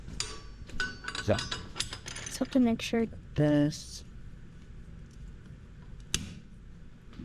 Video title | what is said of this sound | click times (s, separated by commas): Ballmill grind PM400 | I think you go with that clicking sound. | 6.1 s